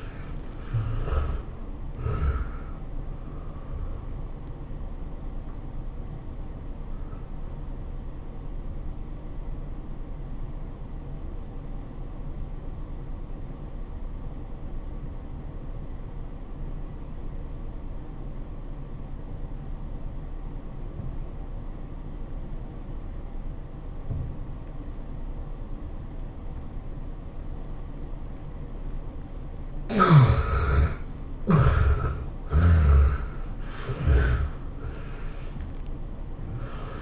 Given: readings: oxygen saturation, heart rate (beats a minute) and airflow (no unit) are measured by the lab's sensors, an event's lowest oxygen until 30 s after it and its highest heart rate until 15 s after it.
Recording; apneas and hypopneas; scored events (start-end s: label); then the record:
breathing in sleep by a smartphone at the bedside; 1
9.00-31.50 s: obstructive apnea (N1, oxygen 96% highest, then 72% lowest, heart rate 98 at the start, 111 highest)
16.00-37.02 s: new sleep stage, N2 (light sleep)
From the record:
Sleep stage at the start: N1 (lightest sleep); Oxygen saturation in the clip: 74 to 96%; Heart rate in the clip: 88 to 112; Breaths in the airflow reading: 6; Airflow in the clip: -16.8 to 16.8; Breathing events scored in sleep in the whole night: 403 in 5.5 hours asleep